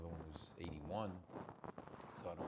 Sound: static noise

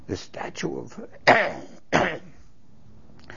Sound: he coughs

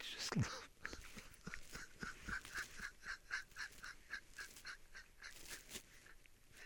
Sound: tears

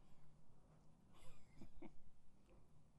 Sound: chuckles

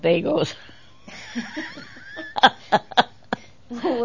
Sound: laughs

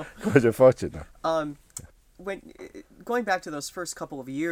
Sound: they laugh

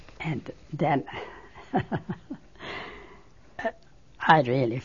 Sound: laughs

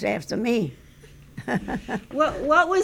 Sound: she laughs

